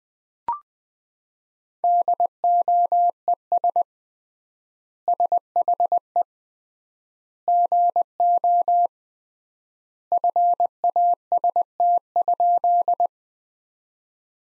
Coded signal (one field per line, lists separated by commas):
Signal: Morse code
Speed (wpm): 21 wpm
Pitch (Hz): 700 Hz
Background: none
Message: DOES SHE GO FAST?